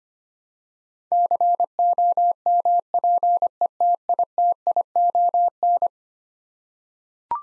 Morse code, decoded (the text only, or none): COMPETITION